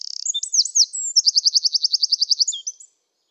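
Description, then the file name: Eurasian wren song: a loud, high buzzy opening, a few sweeping twisted notes, then a fast even trill of many sharp notes, and a few closing twisted notes before it stops. "Troglodytes troglodytes"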